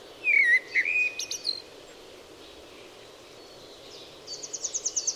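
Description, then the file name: Eurasian blackbird song, a rich fluted warble ending in squeaky notes, then quiet, then a fast run of high repeated chirps. "Turdus merula"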